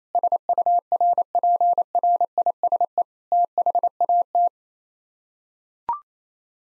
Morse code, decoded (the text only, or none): SURPRISE THAT